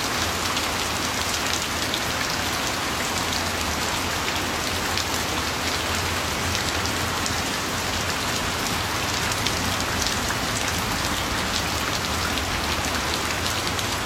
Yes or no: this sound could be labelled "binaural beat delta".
no